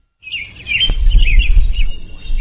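Bright, melodious birdsong trills and warbles in quick rising and falling phrases, high-pitched and steady, over a low rumbling background with a brief sharp click early on.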